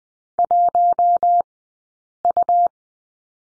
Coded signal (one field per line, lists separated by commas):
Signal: Morse code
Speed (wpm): 20 wpm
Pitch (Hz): 700 Hz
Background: none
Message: 1U